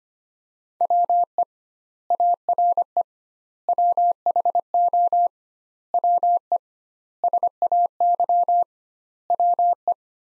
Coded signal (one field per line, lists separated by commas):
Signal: Morse code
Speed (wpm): 25 wpm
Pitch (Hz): 700 Hz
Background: none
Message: WE ARE WHO WE SAY WE